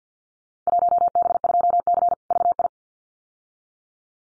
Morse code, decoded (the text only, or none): 1B2C VI